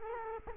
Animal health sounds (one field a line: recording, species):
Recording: mosquito wingbeat signal from an infrared sensor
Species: Culex quinquefasciatus